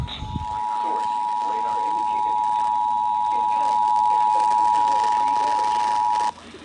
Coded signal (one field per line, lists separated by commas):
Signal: Emergency Alert System (SAME) tones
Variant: 853 and 960 Hz attention tone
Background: speech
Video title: EAS #3447-3451 Severe Thunderstorm Warning (7-24-25)